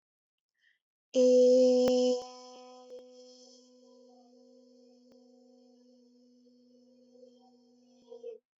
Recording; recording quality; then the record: sustained vowel as in made; excellent, no background noise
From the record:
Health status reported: recovered from COVID-19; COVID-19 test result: positive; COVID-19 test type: RT-PCR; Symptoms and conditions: loss of smell and taste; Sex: female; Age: 22 years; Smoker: no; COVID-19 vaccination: both doses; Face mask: not worn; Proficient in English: yes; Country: India